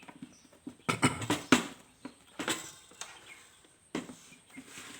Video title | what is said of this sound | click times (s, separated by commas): #วิธี #ถอดฝา #หม้อหุงข้าว #ออกล้าง @นพดลสีมาลา | เนี่ยครับเราให้ฝามันเข้าล็อคก่อนนะครับเนี่ย | 0.9 s, 1.5 s